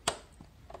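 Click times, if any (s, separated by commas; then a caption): 0.1 s. An optical (TOSLINK) audio cable plug is pushed into the port of a Sennheiser BT T100 Bluetooth audio transmitter. A sharp little click at 0.1 s shows the plug seating, followed by a faint knock around 0.4 s and another small tick near 0.8 s. The plug is seated.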